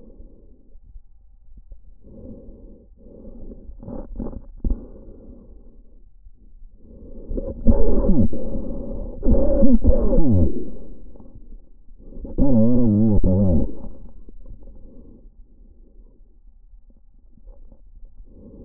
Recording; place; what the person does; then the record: lung sounds by stethoscope; trachea; quiet breathing, then cough and speech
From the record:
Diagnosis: interstitial lung disease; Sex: male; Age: 61 years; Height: 172 cm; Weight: 71 kg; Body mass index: 24.0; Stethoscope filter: diaphragm mode